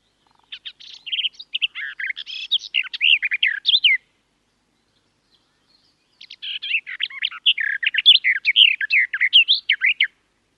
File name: Canto do felosa das figueiras